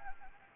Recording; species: mosquito wingbeat signal from an infrared sensor; Anopheles gambiae